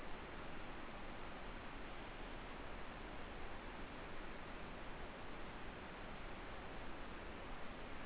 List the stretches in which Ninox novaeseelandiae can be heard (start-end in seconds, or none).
none